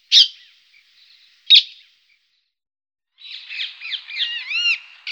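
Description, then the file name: Rose-ringed parakeet: two sharp loud screeches, then softer chattering and slurred whistled notes rising and falling before another sharp call. "parrocchetto dal collare"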